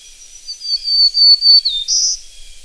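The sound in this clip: Black-throated green warbler singing a high, buzzy phrase of drawn-out wheezy notes that ends on a higher buzz.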